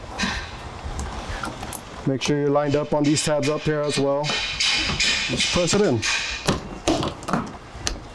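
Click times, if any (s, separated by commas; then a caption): 7.9 s. A replacement cruise control radar distance sensor is lined up on its tabs and pressed into its bumper bracket while someone talks. Scattered taps and knocks lead up to a sharp click at 7.9 s as the sensor seats in place.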